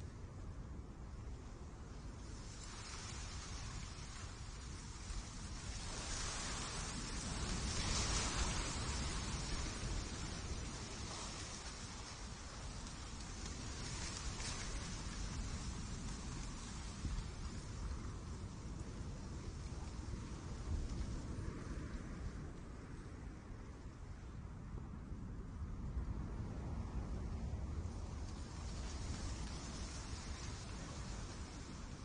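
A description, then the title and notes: Breeze rustles through coconut palm fronds in a dense, steady hiss, swelling into stronger gusts around eight, fifteen and twenty-six seconds. The breeze of the coconut tree.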